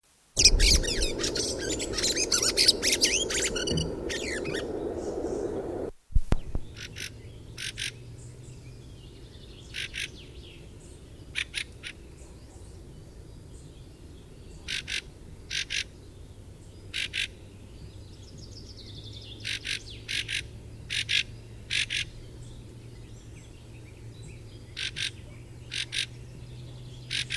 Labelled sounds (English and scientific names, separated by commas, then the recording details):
Fieldfare (Turdus pilaris)
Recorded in the wild
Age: adult
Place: Röttenbach, Bayern, DE
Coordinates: 49.6683, 10.9244
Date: 1964-06-12
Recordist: Tretzel, Erwin